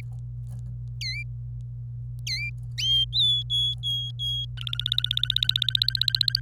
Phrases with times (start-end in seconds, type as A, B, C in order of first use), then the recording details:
0.00-0.01 A, 1.01-1.23 B, 2.27-2.50 B, 3.12-4.45 C, 4.57-6.40 D. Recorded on 26 April 2018 at 08:50. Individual llb3